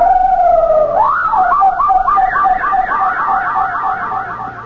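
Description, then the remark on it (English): A parrot lets out a loud, siren-like call: a steady high tone that swoops upward, then breaks into a rapid, repeated warbling yelp for several seconds, with no talking. “The parrot made that incredible sound again.”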